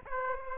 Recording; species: mosquito wingbeat signal from an infrared sensor; Aedes aegypti